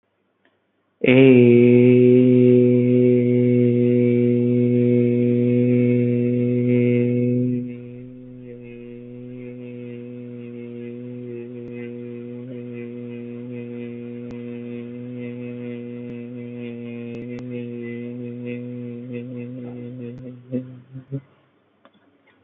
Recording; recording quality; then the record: sustained vowel as in made; excellent, no background noise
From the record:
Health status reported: healthy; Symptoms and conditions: none ticked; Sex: male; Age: 34 years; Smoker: not ticked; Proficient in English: yes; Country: India